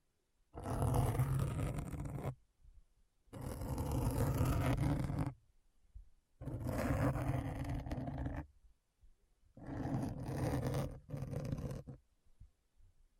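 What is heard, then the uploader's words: Deep scratching comes in four long, dense strokes of about two seconds each, separated by short silences. Each stroke is rough and full, heavy in the low end with a gritty rasp on top, and the last one briefly breaks partway through. ASMR Deep Brain Scratch (No Talking).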